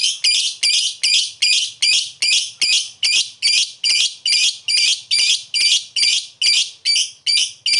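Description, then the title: Lovebird chatter in high, harsh, buzzy bursts repeated steadily about twice a second, with little else audible. Pet lovebird giving long "ngekek" chatter, used for training other pet birds (masteran). "Love bird ngetik ngekek"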